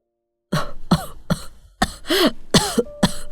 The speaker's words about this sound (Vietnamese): Trong bếp, bà cụ Thẹo đang ho sù sụ.